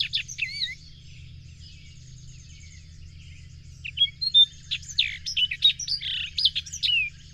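Bird song of high twittering phrases, curling whistles and sharp chirps over a constant low hum.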